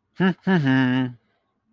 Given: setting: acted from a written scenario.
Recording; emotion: vocal sound without words; elation